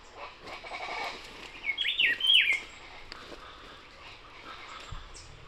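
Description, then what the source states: Rufous-browed Peppershrike song: one loud, rich warbled phrase of rising and falling whistled notes lasting about a second, over faint background birdsong. Recorded in the foreground at 6:00 a.m. on 28 March 2026 in Barichara, Santander, Colombia; Zoom H5 recorder with Crake Sound microphone.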